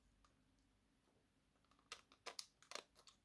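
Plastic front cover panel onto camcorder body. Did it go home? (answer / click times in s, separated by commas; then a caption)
no / none. The plastic front cover panel of a Panasonic NV-DS55 MiniDV camcorder is being fitted back onto the camcorder body after repair. After a quiet start, a burst of short plastic clicks and rustling handling noises begins at about 1.9 s, with sharper taps around 2.4 s and 2.8 s. Nothing has seated or clicked into place yet.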